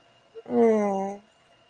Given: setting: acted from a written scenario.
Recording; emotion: vocal sound without words; guilt